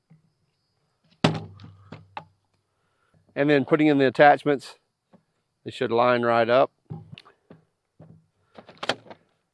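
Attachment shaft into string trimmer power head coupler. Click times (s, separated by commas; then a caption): 8.9 s. An attachment shaft is slid into the split-shaft coupler on the power head of a RYOBI 40V HP 16-inch string trimmer (RY40HPST01), ahead of tightening the coarse-thread knob. Someone talks while sharp knocks and handling taps are heard. The attachment locks into place with a click at 8.9 s.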